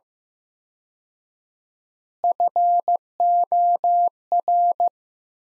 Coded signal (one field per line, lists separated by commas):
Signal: Morse code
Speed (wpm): 15 wpm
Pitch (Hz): 700 Hz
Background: none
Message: FOR